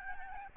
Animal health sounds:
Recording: mosquito wingbeat signal from an infrared sensor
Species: Aedes albopictus

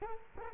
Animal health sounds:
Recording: mosquito wingbeat signal from an infrared sensor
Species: Culex quinquefasciatus

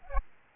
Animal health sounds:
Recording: mosquito wingbeat signal from an infrared sensor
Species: Aedes albopictus

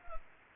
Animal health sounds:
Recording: mosquito wingbeat signal from an infrared sensor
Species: Culex pipiens

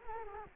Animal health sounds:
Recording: mosquito wingbeat signal from an infrared sensor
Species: Culex quinquefasciatus

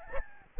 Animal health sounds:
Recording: mosquito wingbeat signal from an infrared sensor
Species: Aedes albopictus

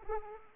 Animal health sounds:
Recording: mosquito wingbeat signal from an infrared sensor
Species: Anopheles arabiensis

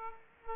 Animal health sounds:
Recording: mosquito wingbeat signal from an infrared sensor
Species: Aedes aegypti

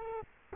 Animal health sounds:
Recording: mosquito wingbeat signal from an infrared sensor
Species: Culex quinquefasciatus

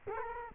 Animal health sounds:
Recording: mosquito wingbeat signal from an infrared sensor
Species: Culex quinquefasciatus

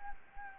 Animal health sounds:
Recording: mosquito wingbeat signal from an infrared sensor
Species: Anopheles gambiae

